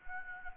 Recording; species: mosquito wingbeat signal from an infrared sensor; Anopheles gambiae